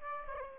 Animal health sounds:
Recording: mosquito wingbeat signal from an infrared sensor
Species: Aedes aegypti

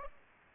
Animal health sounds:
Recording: mosquito wingbeat signal from an infrared sensor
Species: Aedes aegypti

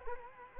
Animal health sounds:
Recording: mosquito wingbeat signal from an infrared sensor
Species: Culex quinquefasciatus

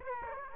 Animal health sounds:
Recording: mosquito wingbeat signal from an infrared sensor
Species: Aedes aegypti

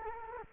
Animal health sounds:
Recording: mosquito wingbeat signal from an infrared sensor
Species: Culex quinquefasciatus

